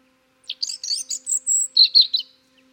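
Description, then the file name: European robin song phrase of rapid, high, tinkling notes with a drawn-out thin whistle in the middle, ending in a few lower trills. "Erithacus rubecula"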